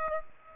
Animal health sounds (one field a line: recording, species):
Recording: mosquito wingbeat signal from an infrared sensor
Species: Aedes aegypti